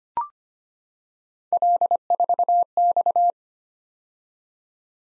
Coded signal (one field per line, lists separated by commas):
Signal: Morse code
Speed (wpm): 25 wpm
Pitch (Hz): 700 Hz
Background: none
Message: L4X